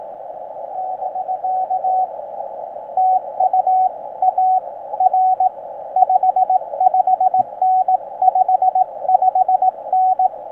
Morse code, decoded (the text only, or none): <BK> TU AR 55N 55N